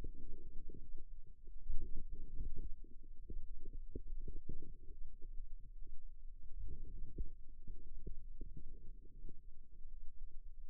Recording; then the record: forearm muscle sounds (acoustic myography)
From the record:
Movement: outward rotation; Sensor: system 2, bracelet of six BSWA MPA416 microphones around the upper forearm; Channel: 5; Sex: female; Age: 22 years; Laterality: right